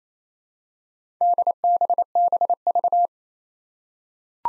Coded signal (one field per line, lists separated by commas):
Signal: Morse code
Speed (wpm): 27 wpm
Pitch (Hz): 700 Hz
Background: none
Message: DBBV